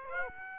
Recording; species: mosquito wingbeat signal from an infrared sensor; Aedes aegypti